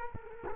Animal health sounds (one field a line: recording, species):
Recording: mosquito wingbeat signal from an infrared sensor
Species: Culex quinquefasciatus